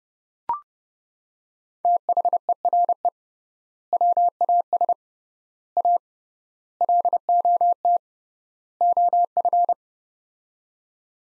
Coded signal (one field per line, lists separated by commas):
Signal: Morse code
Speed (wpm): 32 wpm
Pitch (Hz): 700 Hz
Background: none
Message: THERE WAS A LOT OF